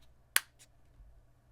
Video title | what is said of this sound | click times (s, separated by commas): Best And Worst Cases For Samsung Galaxy S23 Plus | just have your phone facing you on your desk and it easily goes back into place with a nice little click | 0.4 s